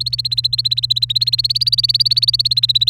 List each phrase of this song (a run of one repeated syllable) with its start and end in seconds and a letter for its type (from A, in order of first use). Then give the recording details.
0.00-2.90 A. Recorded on 29 April 2018 at 05:46. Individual llb3